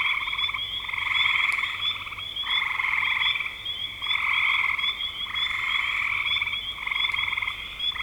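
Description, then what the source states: Frogs giving rough pulsed trills in short bursts repeated unevenly, over a continuous high-pitched hum. Recorded in spring 2025.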